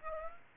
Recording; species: mosquito wingbeat signal from an infrared sensor; Aedes aegypti